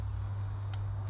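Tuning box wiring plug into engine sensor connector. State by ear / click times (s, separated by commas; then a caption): seated / 0.7 s. A second plastic connector on a TDI tuning box wiring loom is pushed home into its mating engine sensor connector on a BMW N47 engine (E60). It seats with a short, sharp click at 0.7 s over a steady low hum, confirming the connector is locked in.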